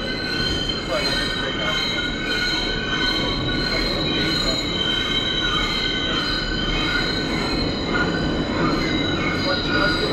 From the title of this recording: Subway screeching sounds